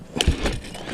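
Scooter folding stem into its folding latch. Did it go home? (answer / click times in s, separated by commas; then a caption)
yes / 0.2 s. While an electric Solar P1 3.0 scooter is unfolded, the folding latch is lifted and the stem is pushed down and lifted up. The stem locks into its folding latch with a single sharp snap at 0.2 s, followed by a low thump and some light rattling. The stem is seated.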